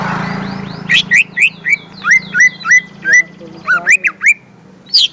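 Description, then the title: Greater green leafbird song of quick, sharp, slurred whistled notes in a steady string over a low, constant background hum. "Kicau Burung Cucak Ijo"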